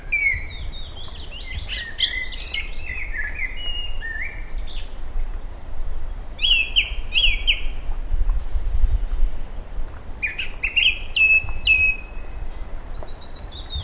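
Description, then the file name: Eurasian blackbird singing in bursts of whistled phrases with sharp, thin squeaky flourishes, pauses between phrases, and constant low background noise. "Koltrast"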